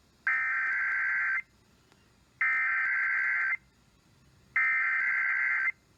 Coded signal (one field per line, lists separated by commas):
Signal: Emergency Alert System (SAME) tones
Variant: header bursts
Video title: KFBK and KWIZ Weekly Tests (EAS #5291-5292) 11/15/21